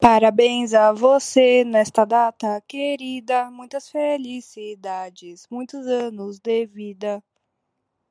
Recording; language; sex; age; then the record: short text; Brazilian Portuguese; female; 20 to 29 years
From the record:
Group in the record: control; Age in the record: 26 years